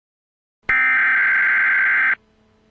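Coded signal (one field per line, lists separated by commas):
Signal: Emergency Alert System (SAME) tones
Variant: header bursts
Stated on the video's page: Emergency Alert System tones used as the intro of a music mix tribute.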